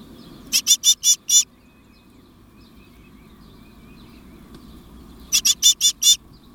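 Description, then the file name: Great tit calls: two bursts of five rasping, buzzy notes, the second following after about four seconds of quiet, with a low steady background rumble. "Parus major"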